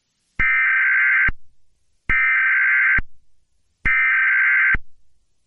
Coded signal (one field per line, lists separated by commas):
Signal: Emergency Alert System (SAME) tones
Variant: header bursts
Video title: (Festvox Kal) EAS Test: Children Are Being Kidnapped in Paulding County